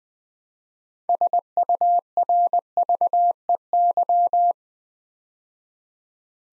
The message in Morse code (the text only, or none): SURVEY